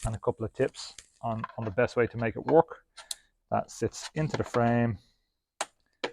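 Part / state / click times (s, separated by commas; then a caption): internal storage box into a triathlon bike frame / seated / 5.6 s, 6.0 s. Someone talks, then an internal storage box or cover is fitted into the frame of a custom-colour Trek Speed Concept SLR 7 eTap AXS triathlon bike. Two short, sharp snaps sound at 5.6 s and 6.0 s as the storage box locks in place in the frame.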